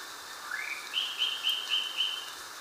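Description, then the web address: Indigo flowerpiercer song: a thin, high twittering phrase that rises at the start, then a run of bright, slightly buzzy notes, over faint background hiss. Ecuador. "Birds of Ecuador. Indigo Flowerpiercer"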